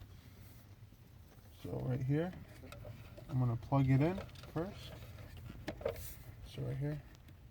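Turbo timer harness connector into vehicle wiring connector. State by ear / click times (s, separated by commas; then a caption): not seated / none. A plug-and-play turbo timer harness connector is handled near a Toyota's plastic wiring connector while someone talks, with a few faint ticks and rustles in a quiet space. Nothing has seated or clicked yet; the clip ends just before the connector goes home.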